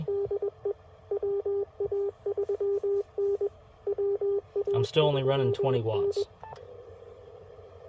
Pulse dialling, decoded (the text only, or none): none